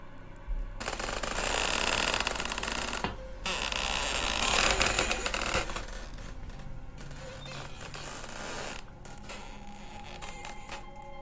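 A door is opened softly to go down to the kitchen, creaking in a long, rough grinding groan that breaks off briefly, then continues more quietly with thin squeaky tones trailing off. No one speaks.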